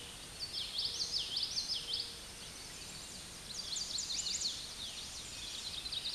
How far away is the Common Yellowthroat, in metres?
about 30 m